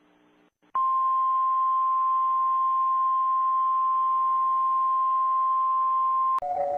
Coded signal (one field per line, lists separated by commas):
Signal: Emergency Alert System (SAME) tones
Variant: 1050 Hz attention tone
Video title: Rating EAS Alarms Part 29: Finale Of Season 1